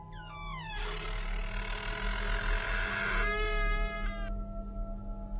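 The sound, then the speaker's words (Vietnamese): An old wooden door of a Vietnamese communal temple (đình) is pushed slowly open, creaking with a long, grinding groan, its pitch bending and wavering over several seconds above a low rumbling hum, then cutting off abruptly. “Cánh cửa đình cũ kỹ rít lên một tiếng kèn kẹt.”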